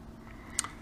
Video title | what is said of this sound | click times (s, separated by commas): ImmersionRC Vortex CCD Camera Upgrade | and click right in | 0.6 s